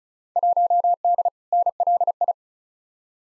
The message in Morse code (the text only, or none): 1D NLI